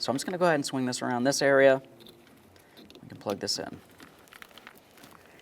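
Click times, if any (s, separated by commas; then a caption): 4.4 s. Someone talks while routing the wiring harness connector of a 2012–2015 Honda Civic front window regulator motor inside the door, away from where it could catch on the window. Soft crinkling handling noises and small ticks follow as the connector is pushed onto the motor, and it clicks in at 4.4 s, seating securely.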